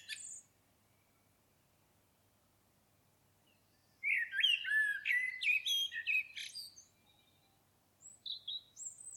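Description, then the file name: Common blackbird song: after a brief high note and quiet pause, one rich warbled phrase of fluty notes topped with scratchy high twitters, then a few thin squeaks. "Turdus merula"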